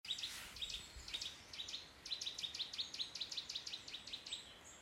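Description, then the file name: Eurasian nuthatch calling, a quick run of short, high, sharply inflected notes repeated rapidly, with faint hiss in the background. "Sitta europaea"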